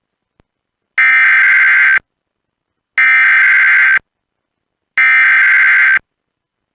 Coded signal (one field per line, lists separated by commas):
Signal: Emergency Alert System (SAME) tones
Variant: header bursts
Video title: EAS Alerts From The Last Two Weeks Of December 2020 (EAS#81-89)